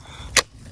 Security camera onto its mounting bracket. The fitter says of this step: slide it in you hear it click into place again 360 rotation motion detector device